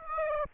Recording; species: mosquito wingbeat signal from an infrared sensor; Aedes aegypti